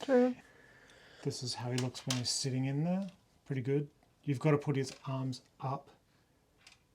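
Someone talks while a plastic brick canopy on a LEGO DREAMZzz 71489 Cooper's Gaming Controller Jet is closed over the cockpit and a seated minifigure, whose arms must be raised so the canopy can close. Only a faint tick is heard near 6.7 s as the talking stops, and nothing has latched or clicked into place.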